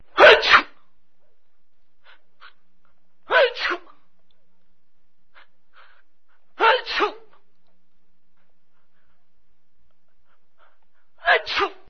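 Four separate sneezes, each a quick two-part 'ah-choo' with a sharp, breathy burst, spaced about three to four seconds apart against a quiet background. These are ordinary adult sneezes.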